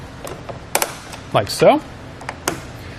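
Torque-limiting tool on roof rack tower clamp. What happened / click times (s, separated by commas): The tightening tool clicked at its set limit / 0.8 s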